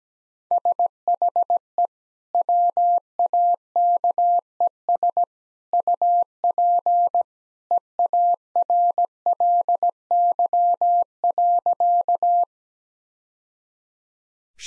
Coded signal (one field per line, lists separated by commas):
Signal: Morse code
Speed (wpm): 17 wpm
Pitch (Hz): 700 Hz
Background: none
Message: SHE WAKES UP EARLY.